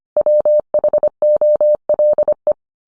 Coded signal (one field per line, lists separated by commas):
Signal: Morse code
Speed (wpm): 25 wpm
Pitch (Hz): 600 Hz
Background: none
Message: WHOLE